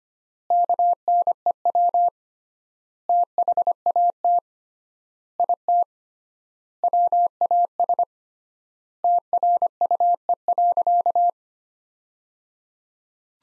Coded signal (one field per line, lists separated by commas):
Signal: Morse code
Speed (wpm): 25 wpm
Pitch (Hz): 700 Hz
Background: none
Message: KNEW THAT IT WAS TRUE.